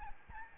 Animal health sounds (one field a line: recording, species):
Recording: mosquito wingbeat signal from an infrared sensor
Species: Aedes albopictus